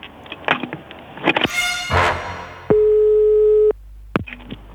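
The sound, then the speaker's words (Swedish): Clicks and rustling of a telephone handset as a caller hangs up, then a steady mid-pitched telephone tone sounds for about a second before cutting off, followed by a few more sharp clicks. “Jag ringer strax då. Okej. Lägger på.”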